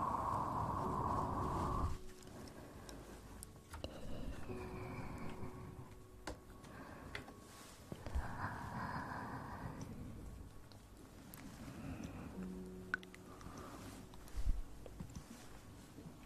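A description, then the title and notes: Mouth sounds with soft blowing and rustling scratches, a loud burst in the first two seconds, then quieter uneven crackles and occasional clicks. Mouth sounds, Ear Blowing & Ear picking.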